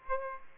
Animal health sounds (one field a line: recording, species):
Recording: mosquito wingbeat signal from an infrared sensor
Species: Aedes aegypti